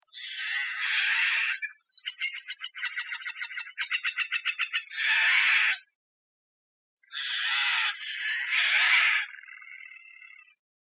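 Steller's jay with a run of raucous screeching calls mixed with fast rattling, pulsed notes, the harsh bursts repeated with a pause partway through.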